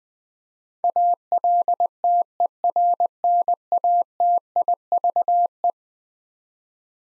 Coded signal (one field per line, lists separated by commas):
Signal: Morse code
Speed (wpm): 20 wpm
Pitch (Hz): 700 Hz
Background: none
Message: ALTERNATIVE